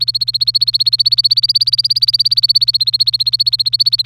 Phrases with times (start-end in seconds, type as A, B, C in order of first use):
0.00-4.05 A